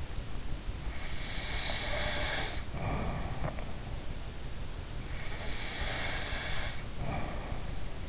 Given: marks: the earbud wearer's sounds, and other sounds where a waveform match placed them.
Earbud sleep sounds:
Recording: sounds in sleep by an in-ear microphone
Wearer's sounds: snoring breath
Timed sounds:
0.92-4.01 s: snoring breath
5.11-8.09 s: snoring breath

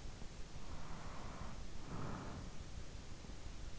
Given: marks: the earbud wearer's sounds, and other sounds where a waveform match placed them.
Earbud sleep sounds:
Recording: sounds in sleep by an in-ear microphone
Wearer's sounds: breath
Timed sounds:
0.28-3.14 s: breath

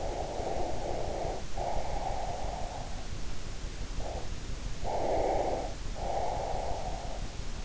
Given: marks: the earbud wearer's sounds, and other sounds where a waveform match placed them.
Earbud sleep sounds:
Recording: sounds in sleep by an in-ear microphone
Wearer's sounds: breath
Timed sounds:
0.20-3.30 s: breath
4.30-7.65 s: breath

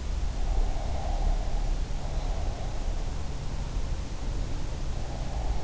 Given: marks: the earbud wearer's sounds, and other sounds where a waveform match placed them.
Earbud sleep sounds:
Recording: sounds in sleep by an in-ear microphone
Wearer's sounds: breath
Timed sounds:
0.51-2.57 s: breath

